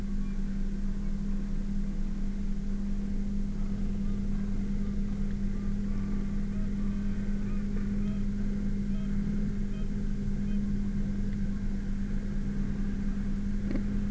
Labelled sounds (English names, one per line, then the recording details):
Gentoo Penguin
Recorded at the colony at Cuverville Island, Antarctica, on 15 December 2015
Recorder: Song Meter SM2+